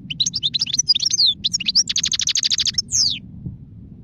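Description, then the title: European goldfinch with bright tinkling notes running into a fast, even trill and a descending slurred note, over a low background rumble. Wild goldfinch; singing, described as the most beautiful song. "اجمل غناءالحسون الخلويchant chardonneret sauvage"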